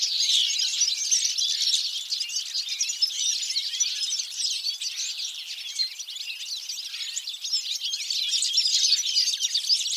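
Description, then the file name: European goldfinch twittering song, quick overlapping chirps and buzzy trills pouring out continuously, slightly louder toward the end. "Carduelis carduelis"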